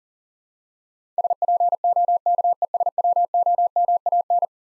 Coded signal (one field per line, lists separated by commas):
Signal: Morse code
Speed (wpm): 40 wpm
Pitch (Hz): 700 Hz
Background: none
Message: SPOKESWOMAN